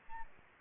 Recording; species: mosquito wingbeat signal from an infrared sensor; Aedes albopictus